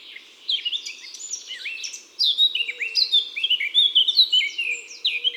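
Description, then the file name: Eurasian blackcap song: rapid, varied warbling phrases with bright whistled notes, a short burst then a longer, louder run of chattering and fluty notes. Song; woods and forests. "Fauvette a tete noire Chants doiseaux des bois et des forets"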